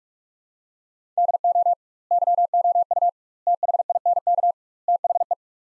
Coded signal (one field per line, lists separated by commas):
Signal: Morse code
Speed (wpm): 41 wpm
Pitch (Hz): 700 Hz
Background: none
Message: DO YOU THINK THE